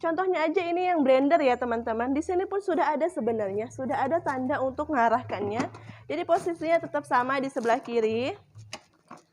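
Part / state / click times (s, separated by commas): blender jar onto motor base / seated / 8.7 s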